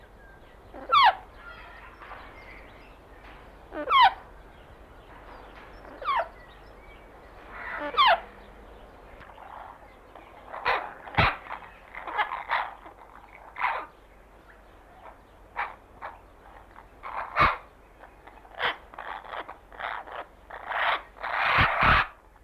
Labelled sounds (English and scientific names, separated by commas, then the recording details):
St. Lucia Amazon (Amazona versicolor) call
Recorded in captivity
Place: Zoo Jersey, GB
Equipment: Halbspur, 9,5 cm/s
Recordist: Lütgens, Hans